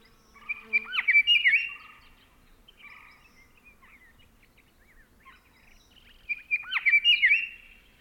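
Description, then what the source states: Scott's Oriole giving two rich whistled song phrases several seconds apart, with softer notes between them. Male singing excitedly at dawn, switching between different song patterns; Organ Pipe National Monument, southern Arizona desert, late March 2017; binaural recording.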